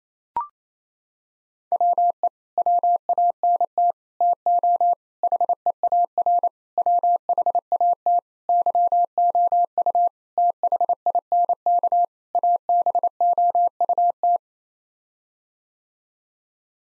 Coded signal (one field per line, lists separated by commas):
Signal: Morse code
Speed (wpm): 28 wpm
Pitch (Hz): 700 Hz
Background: none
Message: WE WANT TO HEAR WHAT YOU THINK ABOUT